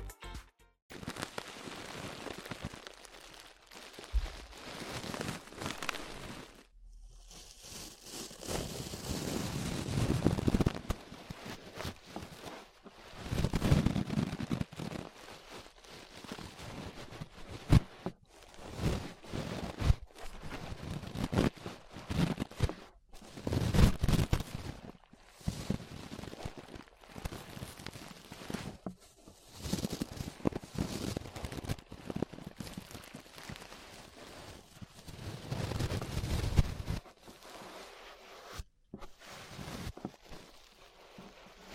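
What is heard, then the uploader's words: Ear brushing makes irregular rustling, scratchy swishes that swell and fade in uneven bursts, with louder, deeper sweeps near 10, 14, 24 and 36 seconds. Brief silent gaps break the strokes, one around 6 seconds and several more later on. ASMR Relaxing 3Dio Ear Brushing (No Talking).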